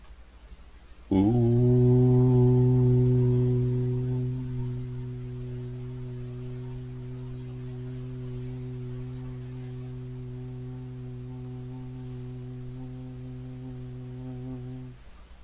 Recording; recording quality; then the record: sustained vowel as in boot; moderate, slight background noise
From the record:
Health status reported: healthy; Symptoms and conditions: none ticked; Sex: male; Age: 28 years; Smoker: not ticked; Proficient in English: yes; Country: United States